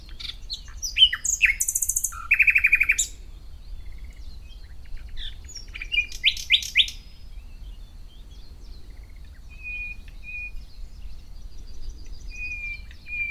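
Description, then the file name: Common nightingale song: varied chirps and a short rapid rattle early on, then scattered sharp notes and faint whistles with long quieter gaps. "Luscinia megarhynchos"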